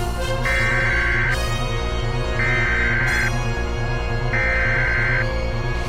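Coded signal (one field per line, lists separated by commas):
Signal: Emergency Alert System (SAME) tones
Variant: header bursts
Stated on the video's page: Fictional EAS scenario, not meant to be realistic.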